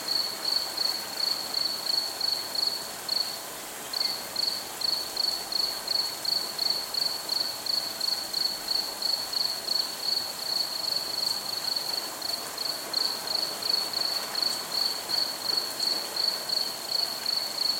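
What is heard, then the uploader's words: A cricket chirps in a steady, fast, even rhythm, its high thin trill running almost without pause apart from a brief break near four seconds. Underneath, a soft continuous hiss like running water or light rain fills the background. A Week in New Hampshire.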